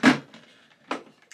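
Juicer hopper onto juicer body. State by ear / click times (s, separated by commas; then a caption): seated / 0.9 s. A Nama C2 juicer hopper is placed on top of a Nama J2 juicer body and twisted until it locks, the two hoppers being identical parts. A heavy knock opens the clip, then a faint scrape, a sharp click at 0.9 s as the hopper locks into place, and two small ticks near 1.2 and 1.3 s.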